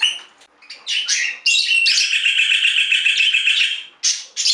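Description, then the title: Budgerigar chatter: short high chirps, then a long continuous warbling run, followed after a brief gap by squeaky notes. "Budgie Sounds"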